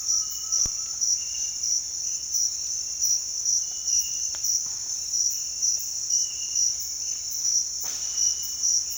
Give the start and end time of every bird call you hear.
7.82s-8.04s: bird call (0.9-5.0 kHz)

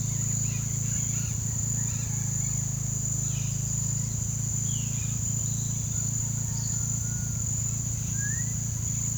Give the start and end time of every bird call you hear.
0.02s-6.88s: bird call (0.6-5.9 kHz)

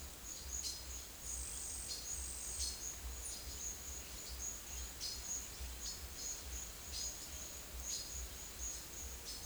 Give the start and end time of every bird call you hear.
1.83s-2.09s: bird call (3.5-8.2 kHz)
2.55s-2.85s: bird call (3.2-8.4 kHz)
5.03s-5.32s: bird call (3.4-9.3 kHz)
5.81s-6.41s: bird call (3.8-5.8 kHz)
6.87s-7.25s: bird call (3.4-6.0 kHz)
7.85s-8.09s: bird call (3.5-5.6 kHz)

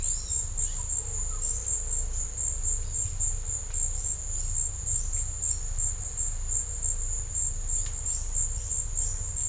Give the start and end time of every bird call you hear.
0.00s-1.48s: bird call (1.1-6.3 kHz)

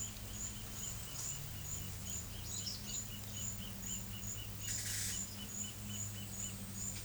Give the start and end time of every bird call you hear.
0.00s-6.63s: bird call (1.9-3.9 kHz)

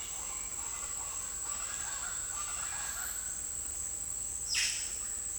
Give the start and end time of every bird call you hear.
0.00s-3.52s: bird call (1.0-3.9 kHz)

